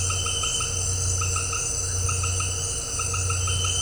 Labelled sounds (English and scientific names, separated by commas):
none